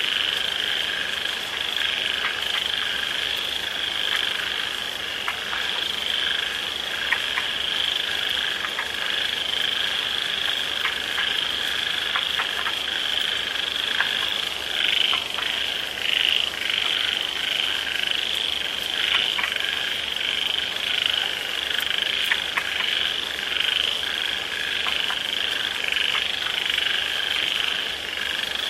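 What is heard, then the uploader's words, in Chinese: Frogs call in the rain, a dense, unbroken chorus of steady bright trilling with scattered sharper croaks throughout, over a constant soft hiss. 雨中蛙声。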